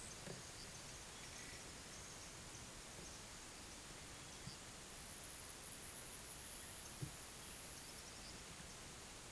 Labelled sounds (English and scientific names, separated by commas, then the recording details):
none
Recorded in pastures near Puerto Asís, Putumayo, Colombia, on 29 June 2025 at 12:00
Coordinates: 0.486, -76.323
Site H29